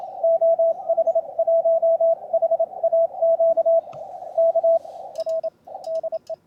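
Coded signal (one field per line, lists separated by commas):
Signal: Morse code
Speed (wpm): 29 wpm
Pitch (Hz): 660 Hz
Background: radio noise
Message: OH1HAQ K R DE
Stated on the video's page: On-air CW contact testing a home-brew elevated vertical antenna with elevated tuned radials.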